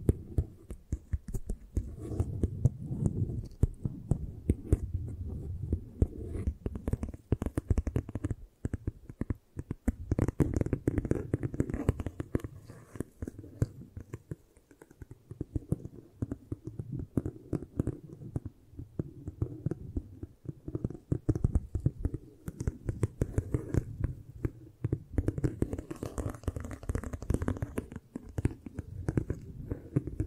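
Dense, rapid tapping and scratching during an eye massage, a steady low muffled rustle with quick bursts that briefly thin out around fifteen seconds.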